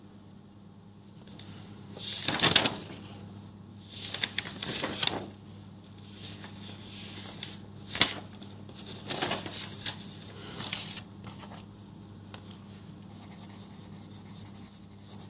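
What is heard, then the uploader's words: Someone is going through notes and rewriting them: bursts of pen scratching and paper rustling come every second or two, loudest around 2 and 4–5 seconds, with a sharp tap near 8 seconds. A steady low hum runs underneath throughout. Going through my notes and re-writing stuff.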